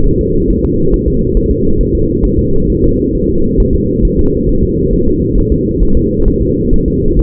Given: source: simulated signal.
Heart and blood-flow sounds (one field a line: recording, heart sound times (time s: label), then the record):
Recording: fetal heart sounds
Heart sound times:
0.07 s: S1
0.21 s: S2
0.50 s: S1
0.65 s: S2
0.94 s: S1
1.08 s: S2
1.37 s: S1
1.51 s: S2
1.81 s: S1
1.95 s: S2
2.25 s: S1
2.39 s: S2
2.70 s: S1
2.84 s: S2
3.15 s: S1
3.30 s: S2
3.60 s: S1
3.75 s: S2
4.05 s: S1
4.19 s: S2
4.49 s: S1
4.63 s: S2
4.93 s: S1
5.08 s: S2
5.38 s: S1
5.52 s: S2
5.83 s: S1
5.97 s: S2
6.28 s: S1
6.42 s: S2
6.74 s: S1
6.88 s: S2
7.19 s: S1
From the record:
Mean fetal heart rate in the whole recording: 135 bpm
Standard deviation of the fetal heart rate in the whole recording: 3 bpm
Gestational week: 36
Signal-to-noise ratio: -16.4 dB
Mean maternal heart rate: 72 bpm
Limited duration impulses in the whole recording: present